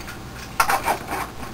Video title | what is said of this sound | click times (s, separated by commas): Transformers Movie Voyager Class Optimus Prime | snap it down | 0.6 s